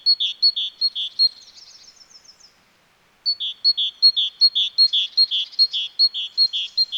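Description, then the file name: Great tit singing a rhythmic, see-sawing two-note phrase repeated quickly, breaking into soft high twittering and a brief pause before resuming the same steady pattern. "Parus major"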